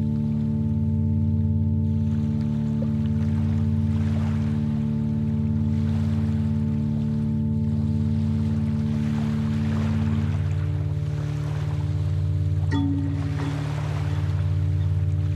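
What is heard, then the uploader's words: Steady low tones hum without a break, stacked in a few layers with a slow, even pulsing beat throughout. A soft watery wash rises and falls faintly above them, and a brief brighter tone shifts in around thirteen seconds. Gentle Binaural Beats . Relaxing Sounds of Nature.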